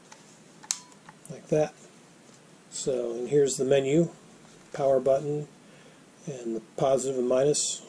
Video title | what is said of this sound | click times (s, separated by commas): Portable Insta heater Overview & Test | and it locks in place once you depress the button on the back like | 0.7 s